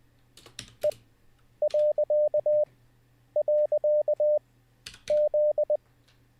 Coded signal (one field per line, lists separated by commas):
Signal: Morse code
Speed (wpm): 20 wpm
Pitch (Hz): 600 Hz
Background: none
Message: E..Z